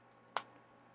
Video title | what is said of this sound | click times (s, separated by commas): Create An Awesome Vlog Setup With Ace Pro Camera | like such like this you hear a clicking sound | 0.4 s